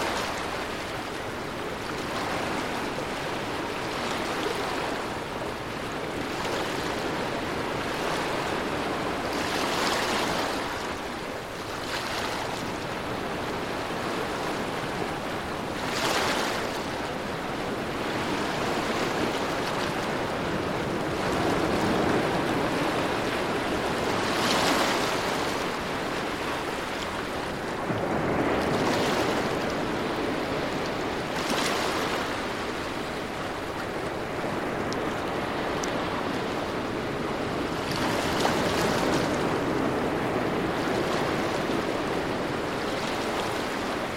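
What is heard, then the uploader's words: Waves roll in and break against the shore in a steady, dense wash of surf. Brighter crashes rise every few seconds, around 10, 16, 25, 29 and 32 seconds, over a constant low rumble that never drops away. Peaceful Waves & Coastal Ambiance. As you listen, you can hear the rhythmic sound of waves rolling in, breaking against the shore with a soothing melody.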